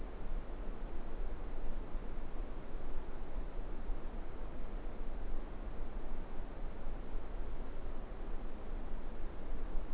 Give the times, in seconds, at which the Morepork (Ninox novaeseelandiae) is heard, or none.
none